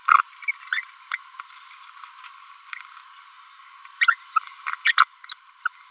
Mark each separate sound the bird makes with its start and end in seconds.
0.03-0.21, 0.73-0.84, 1.12-1.16, 4.01-4.14, 4.67-4.75, 4.85-4.92, 4.98-5.04, 5.30-5.33